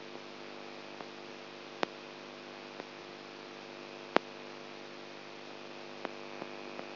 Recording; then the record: brain microelectrode recording played as sound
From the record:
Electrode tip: outside the subthalamic nucleus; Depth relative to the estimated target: -8 mm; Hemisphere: right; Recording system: AlphaMap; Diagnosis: Parkinson's disease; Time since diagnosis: 20 years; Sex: female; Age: 64 years